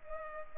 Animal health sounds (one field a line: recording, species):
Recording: mosquito wingbeat signal from an infrared sensor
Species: Culex pipiens